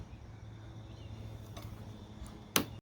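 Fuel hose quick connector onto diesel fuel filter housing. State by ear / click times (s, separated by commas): seated / 2.6 s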